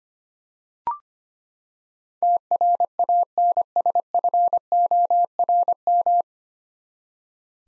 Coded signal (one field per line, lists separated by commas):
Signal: Morse code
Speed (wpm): 25 wpm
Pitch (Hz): 700 Hz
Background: none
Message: TRANSFORM